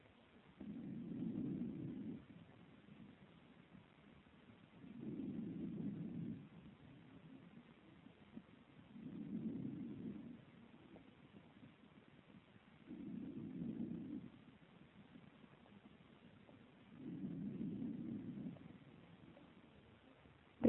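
Adult chest heard by stethoscope over the right axillary region. There is a right-sided hydrothorax due to heart failure. Breath sounds are sharply diminished over the collected fluid. About five faint, low-pitched breaths are heard over 21 seconds.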